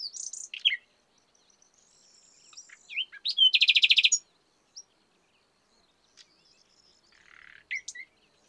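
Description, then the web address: Common nightingale song with sharp opening notes, a loud fast rattle of evenly repeated pulses, then quiet chips and a soft harsh phrase. "SETE Luscinia megarhynchos"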